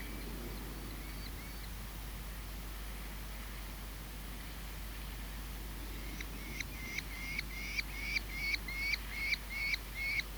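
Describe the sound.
Merlin starting a fast series of rising, harsh notes after several quiet seconds, growing louder toward the end, with soft background hiss.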